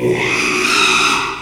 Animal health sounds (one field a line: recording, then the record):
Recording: squeal of a Yucatan mini pig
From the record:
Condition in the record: after surgery on the right vocal fold (resection and tissue-engineered implant)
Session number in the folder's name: 1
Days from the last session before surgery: 6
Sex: male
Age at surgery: 12 weeks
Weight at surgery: 13 kg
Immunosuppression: cyclosporine, prednisolone